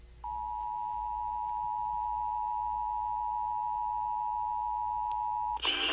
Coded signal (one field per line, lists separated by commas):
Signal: Emergency Alert System (SAME) tones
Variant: 853 and 960 Hz attention tone